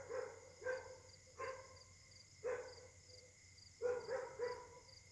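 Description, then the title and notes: Dog giving spaced single barks, then a quick run of three at the end. Night-time chorus of several dogs at Caltex, Trois-Mares, Réunion; Samsung Galaxy S8 smartphone whose left microphone tends to be clogged. "Caltex, 3 mares, Réunion. La nuit s'annonce difficile pour les habitants: concert de chiens"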